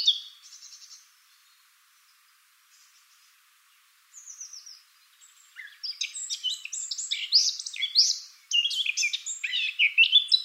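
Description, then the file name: Eurasian blackcap song starts with soft, scattered notes and a brief quiet phrase, then builds into a loud, rapid, tumbling warble of bright, varied notes. "Sylvia atricapilla"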